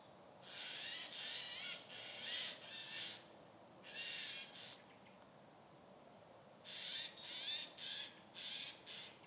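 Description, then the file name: Eurasian jay screeching: a run of rough, grating calls, a short burst, then a pause, then another hurried series of harsh, hoarse bursts. "Garrulus glandarius"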